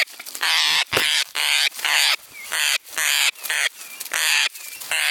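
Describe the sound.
Parrot giving grating, noisy calls of varied length in an uneven series.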